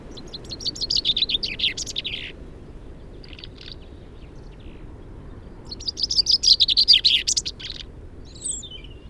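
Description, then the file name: Common chaffinch giving two complete song phrases a few seconds apart, each a fast descending series of notes ending in a flourish, with faint other chirps between. "Fringilla coelebs"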